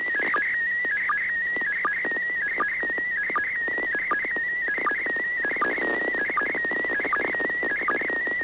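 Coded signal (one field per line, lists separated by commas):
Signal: SSTV (slow-scan television)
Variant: PD180 mode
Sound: warbling, shifting tone with regular short low blips, steady throughout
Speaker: Over here is the waveform and a waterfall display of the audio as it comes in.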